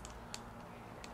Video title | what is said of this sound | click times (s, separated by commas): Video Review #46: Noreve Tradition Leather Case | you can hear it snapping a little bit | 0.1 s, 0.3 s, 1.0 s